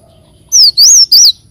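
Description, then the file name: Leafbird call of three loud, clear, high whistled notes, wavering up and down, given in quick succession. "Tieng chim xanh tim"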